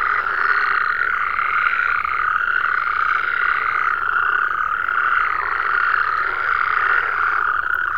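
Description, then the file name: Frog: dense, unbroken croaking of many frogs, an even churning chorus with little change from start to end. "Digiffects Sound Effects Library - Frogs"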